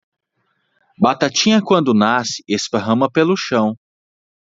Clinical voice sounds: short text; Brazilian Portuguese; male; 30 to 39 years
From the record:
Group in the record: control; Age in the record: 36 years

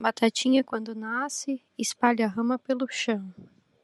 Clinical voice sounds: short text; Brazilian Portuguese; female; 20 to 29 years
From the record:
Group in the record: control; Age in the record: 28 years

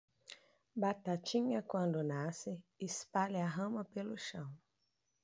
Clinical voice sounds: short text; Brazilian Portuguese; female; 30 to 39 years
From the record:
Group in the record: control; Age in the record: 37 years

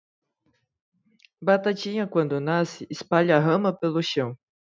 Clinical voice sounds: short text; Brazilian Portuguese; female; 20 to 29 years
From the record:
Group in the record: control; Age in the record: 28 years

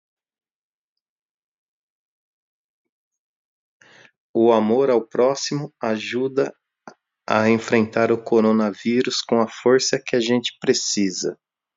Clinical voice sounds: spoken sentence; Brazilian Portuguese; male; 50 to 59 years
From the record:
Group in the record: control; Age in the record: 51 years

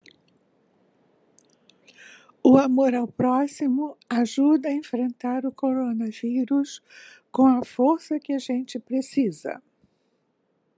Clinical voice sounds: spoken sentence; Brazilian Portuguese; female; 70 to 79 years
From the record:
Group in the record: control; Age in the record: 73 years

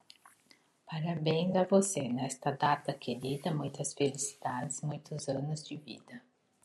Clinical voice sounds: short text; Brazilian Portuguese; female; 50 to 59 years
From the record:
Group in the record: control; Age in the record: 51 years

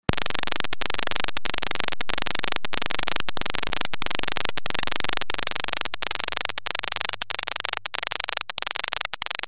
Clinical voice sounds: spoken sentence; Brazilian Portuguese; male; 30 to 39 years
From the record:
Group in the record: control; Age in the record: 31 years

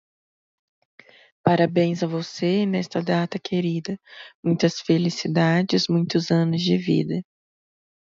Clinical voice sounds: short text; Brazilian Portuguese; female; 40 to 49 years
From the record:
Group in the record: control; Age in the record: 46 years

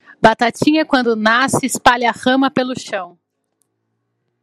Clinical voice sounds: short text; Brazilian Portuguese; female; 30 to 39 years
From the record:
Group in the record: control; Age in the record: 39 years

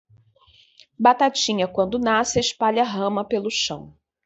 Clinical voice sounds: short text; Brazilian Portuguese; female; 30 to 39 years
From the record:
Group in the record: control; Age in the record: 32 years

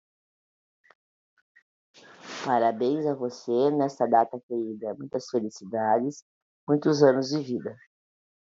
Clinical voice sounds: short text; Brazilian Portuguese; female; 50 to 59 years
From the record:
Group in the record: control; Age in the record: 55 years

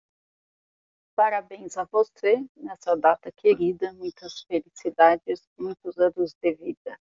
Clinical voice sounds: short text; Brazilian Portuguese; female; 30 to 39 years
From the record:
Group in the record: control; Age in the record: 37 years

